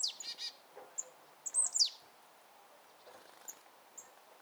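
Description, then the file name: Marsh tit calls: a short buzzy series, then sharp high notes and abrupt downslurred chirps, with quieter high chips afterwards. "Poecile palustris"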